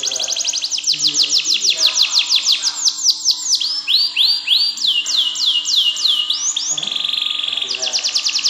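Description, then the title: Canary singing a varied, rapid series of sweeping notes, fast rolls and a brief buzzy trill, delivered as one unbroken high-pitched stream. "Ini Baru Kenari!"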